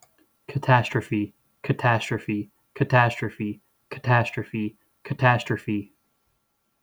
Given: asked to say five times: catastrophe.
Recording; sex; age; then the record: repeated word; male; 30 to 39 years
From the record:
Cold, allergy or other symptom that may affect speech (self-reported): no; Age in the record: 34 years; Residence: Ohio, United States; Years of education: 16